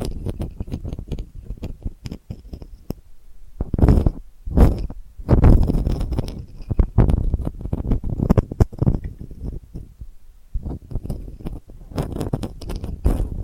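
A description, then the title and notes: Delicate scratching comes in dense, irregular bursts of soft rasping strokes, briefly louder around four to six seconds, with short quiet gaps between. ASMR Delicate Scratching for Sleep (No Talking).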